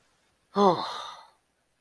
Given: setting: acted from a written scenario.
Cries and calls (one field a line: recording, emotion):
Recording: vocal sound without words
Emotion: sadness